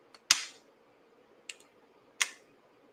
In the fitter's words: I heard the first click and the second click.